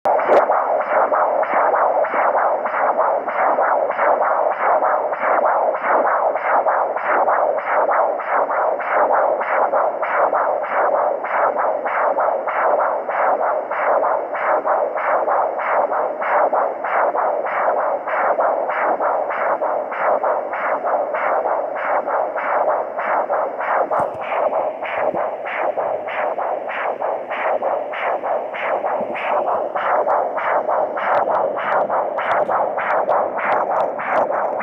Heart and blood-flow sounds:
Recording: Doppler ultrasound of blood flow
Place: carotid artery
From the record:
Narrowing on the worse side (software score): mild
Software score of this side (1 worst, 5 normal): 4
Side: right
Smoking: never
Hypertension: no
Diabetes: no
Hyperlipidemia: no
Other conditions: anemia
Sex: male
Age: 20 years

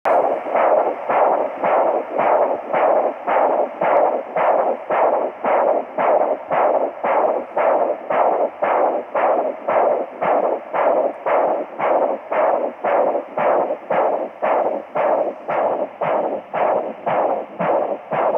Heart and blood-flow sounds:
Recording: Doppler ultrasound of blood flow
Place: carotid artery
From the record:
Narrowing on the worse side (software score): occlusion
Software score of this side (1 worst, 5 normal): 3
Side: left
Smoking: former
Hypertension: yes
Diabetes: type 2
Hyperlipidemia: yes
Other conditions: kidney disease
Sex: male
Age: 27 years

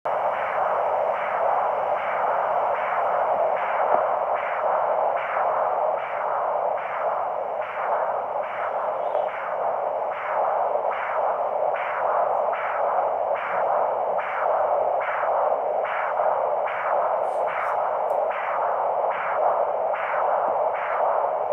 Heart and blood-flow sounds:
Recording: Doppler ultrasound of blood flow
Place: carotid artery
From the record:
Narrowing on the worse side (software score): occlusion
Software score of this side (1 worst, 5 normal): 1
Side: right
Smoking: never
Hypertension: yes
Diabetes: type 1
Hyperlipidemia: yes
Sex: female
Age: 69 years

